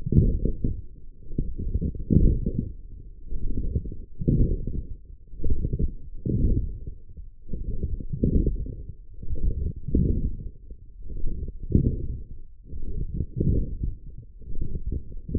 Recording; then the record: forearm muscle sounds (acoustic myography)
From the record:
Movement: forearm pronation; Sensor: system 1, eight BSWA MPA416 microphones around the upper forearm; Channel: 3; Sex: male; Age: 23 years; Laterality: right